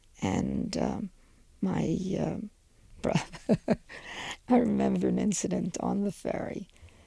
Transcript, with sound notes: And my brother. ( she laughs ) I remember an incident on the ferry.